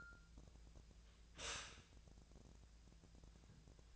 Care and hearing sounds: daily activity, microphone in the room; stop toaster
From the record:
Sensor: 2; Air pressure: 1000.1 hPa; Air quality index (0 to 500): 149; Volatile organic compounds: 2 ppm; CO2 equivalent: 1260 ppm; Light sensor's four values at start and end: 26/64/27/29 and 25/64/27/29

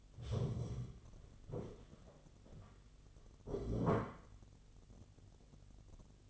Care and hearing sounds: daily activity, microphone in the room; stand up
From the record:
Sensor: 4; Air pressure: 1016.1 hPa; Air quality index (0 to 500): 194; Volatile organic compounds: 10 ppm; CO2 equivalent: 2204 ppm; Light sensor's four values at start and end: 9/20/8/7 and 9/19/8/7

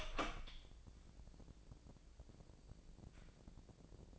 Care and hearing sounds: daily activity, microphone in the room; open door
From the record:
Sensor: 5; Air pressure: 1012.4 hPa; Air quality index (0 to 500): 160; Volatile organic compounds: 2 ppm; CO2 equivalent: 1094 ppm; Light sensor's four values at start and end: 241/586/245/269 and 244/596/249/274

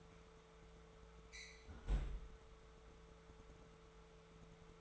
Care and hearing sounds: daily activity, microphone in the room; close fridge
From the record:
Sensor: 3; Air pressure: 1014.9 hPa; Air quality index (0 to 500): 200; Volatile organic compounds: 28 ppm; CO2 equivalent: 2923 ppm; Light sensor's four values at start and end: 12/29/12/12 and 12/29/12/12

